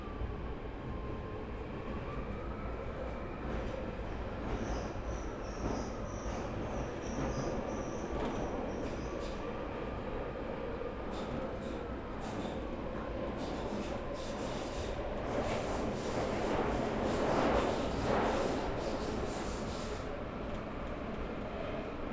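An empty Underground train rolls along with a steady low rumble and rattle throughout. A thin whine drifts across the first half, while sharp clicks and clattering bursts grow denser after about 13 seconds, peaking in loudness around 17 to 19 seconds.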